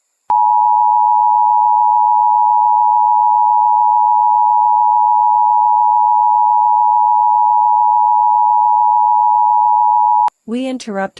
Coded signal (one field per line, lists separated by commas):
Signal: Emergency Alert System (SAME) tones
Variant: 853 and 960 Hz attention tone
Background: speech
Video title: CBS Emergency Interruption 1983 EAS Scenario 1